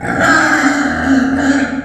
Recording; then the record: squeal of a Yucatan mini pig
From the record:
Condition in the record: after surgery on the right vocal fold (resection and tissue-engineered implant); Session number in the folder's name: 3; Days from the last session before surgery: 21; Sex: female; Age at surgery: 19 weeks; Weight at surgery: 25 kg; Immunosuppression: prednisolone